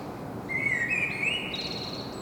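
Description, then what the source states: Common blackbird giving one short song phrase: a low fluty warble that slides upward and finishes in high squeaky notes, with steady background noise. Singing, recorded in Saint-Gilles, Belgium, with a Sony PCM-M10 internal microphone.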